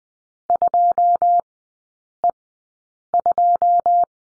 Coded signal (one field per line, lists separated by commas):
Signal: Morse code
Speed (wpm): 20 wpm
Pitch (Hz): 700 Hz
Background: none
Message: 2 E 2